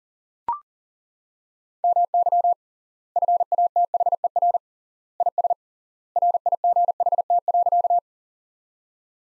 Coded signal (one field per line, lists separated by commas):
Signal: Morse code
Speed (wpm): 40 wpm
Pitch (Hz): 700 Hz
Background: none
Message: MY FATHER IS RIGHT.